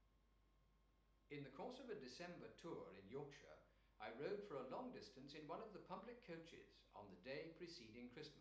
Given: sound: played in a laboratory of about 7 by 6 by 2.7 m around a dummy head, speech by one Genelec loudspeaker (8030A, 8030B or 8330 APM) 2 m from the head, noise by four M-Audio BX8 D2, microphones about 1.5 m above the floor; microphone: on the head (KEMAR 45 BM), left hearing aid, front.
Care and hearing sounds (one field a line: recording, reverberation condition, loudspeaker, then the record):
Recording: male speech in English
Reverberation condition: medium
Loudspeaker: 90 degrees to the left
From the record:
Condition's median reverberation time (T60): about 510 ms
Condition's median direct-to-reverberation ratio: about -0.5 dB